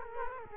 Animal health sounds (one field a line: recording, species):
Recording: mosquito wingbeat signal from an infrared sensor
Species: Culex quinquefasciatus